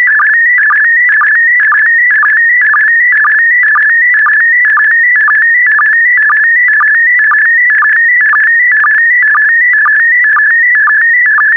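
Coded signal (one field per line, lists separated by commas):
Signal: SSTV (slow-scan television)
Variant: PD120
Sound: warbling, chirping electronic tone with a steady rhythmic blip about twice per second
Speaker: The next image transmission will start in 10 seconds. Five, four, three, two, one. Transmission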